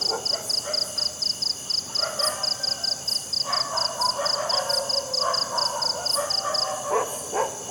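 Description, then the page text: Cricket chirping, short pulsed buzzy chirps in a rapid steady run that stops near the end, with scattered other animal calls in the background. Crickets at night in a jungle. "Crickets Night Jungle TonwagenSfxLab"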